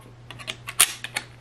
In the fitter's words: locks into place and this way you can neatly store all your belts and